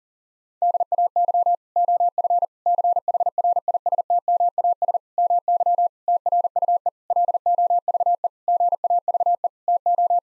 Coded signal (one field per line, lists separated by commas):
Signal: Morse code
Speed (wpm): 40 wpm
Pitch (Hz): 700 Hz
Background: none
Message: DAY OF CHRISTMAS MY TRUE LOVE GAVE TO